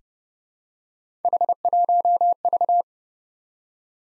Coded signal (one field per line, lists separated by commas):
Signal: Morse code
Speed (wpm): 30 wpm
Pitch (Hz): 700 Hz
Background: none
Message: H1V